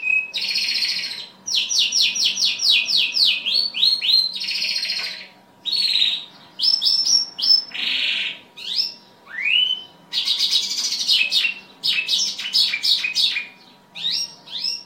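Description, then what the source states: Bimaculated lark in sustained song, fast series of repeated chirps and buzzy trills with short breaks, varied and continuous over the whole stretch, over a faint hum. Recorded in Afghanistan.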